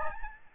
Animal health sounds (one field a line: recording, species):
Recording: mosquito wingbeat signal from an infrared sensor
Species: Aedes albopictus